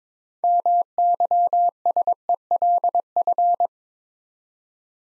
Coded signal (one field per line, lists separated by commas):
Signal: Morse code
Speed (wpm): 22 wpm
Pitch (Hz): 700 Hz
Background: none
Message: MYSELF